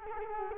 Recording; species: mosquito wingbeat signal from an infrared sensor; Culex quinquefasciatus